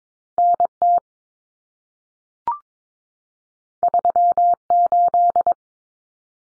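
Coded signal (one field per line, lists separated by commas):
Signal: Morse code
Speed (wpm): 22 wpm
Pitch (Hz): 700 Hz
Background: none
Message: NT 38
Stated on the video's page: Morse drill of common two-digit cut numbers (T, A, N for 0, 1, 9) at 22wpm, sent, spoken, sent again.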